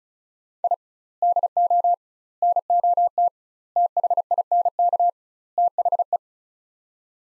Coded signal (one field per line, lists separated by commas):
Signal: Morse code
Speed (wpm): 36 wpm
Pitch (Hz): 700 Hz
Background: none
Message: I DO NOT THINK THE